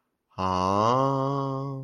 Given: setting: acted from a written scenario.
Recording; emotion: vocal sound without words; realization